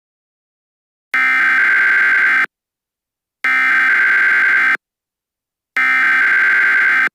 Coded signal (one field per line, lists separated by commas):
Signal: Emergency Alert System (SAME) tones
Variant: header bursts